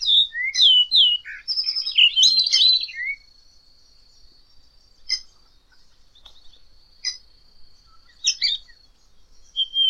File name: canto do melro azul